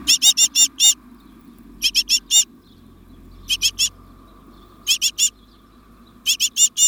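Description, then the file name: Great tit calling in bursts of three to five quick harsh churring notes, the burst repeated about every one and a half seconds, over a faint low hum. "Parus major"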